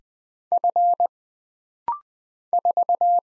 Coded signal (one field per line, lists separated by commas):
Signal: Morse code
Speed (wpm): 20 wpm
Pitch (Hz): 700 Hz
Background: none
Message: F 4